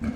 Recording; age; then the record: pig call; growing-finishing pig (85 days or more)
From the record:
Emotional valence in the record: negative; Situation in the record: barren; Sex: female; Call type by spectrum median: low-frequency call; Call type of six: low-frequency stable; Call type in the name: low-frequency stable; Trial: 3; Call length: 0.16 s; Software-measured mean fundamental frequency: 39 Hz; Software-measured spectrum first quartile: 173 Hz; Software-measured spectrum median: 246 Hz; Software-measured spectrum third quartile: 484 Hz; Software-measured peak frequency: 233 Hz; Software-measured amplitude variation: 174 dB a second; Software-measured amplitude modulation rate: 24.4 a second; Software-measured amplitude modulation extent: 7.1 dB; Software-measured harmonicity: 3.5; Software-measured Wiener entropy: -0.61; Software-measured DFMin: 674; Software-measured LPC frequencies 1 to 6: 1460, 2252, 3009, 4426, 5363, 6254 Hz